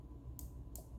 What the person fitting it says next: did you hear that click? It means it's locked.